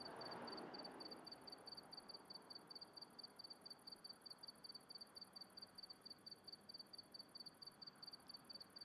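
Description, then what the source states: Crickets give rapid, evenly repeated high chirps throughout, with a brief soft rushing noise at the start. Recorded at night in the countryside, with a car passing.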